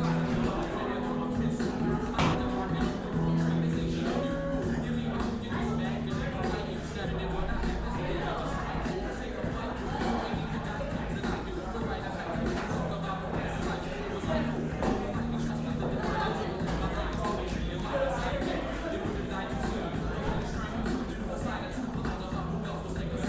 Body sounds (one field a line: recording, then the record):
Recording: background sound without coughing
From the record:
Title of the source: 60 minutes of coffee shop sounds for study and concentration